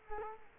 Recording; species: mosquito wingbeat signal from an infrared sensor; Culex quinquefasciatus